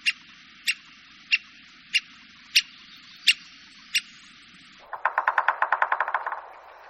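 Bird calls: sharp clicking ticks repeated about every two-thirds of a second, then a quick run of rapid chattering notes that fades toward the end.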